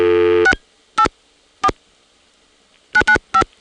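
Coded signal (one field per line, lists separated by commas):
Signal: DTMF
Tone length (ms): 80 ms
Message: 684 995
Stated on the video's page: Multi-frequency trunk signalling on senderized step-by-step switching in Prince William County, Virginia: long-distance call from Dale City and suburban calls from Lorton, recorded 1977.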